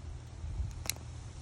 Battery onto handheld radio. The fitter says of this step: when you hear this metallic click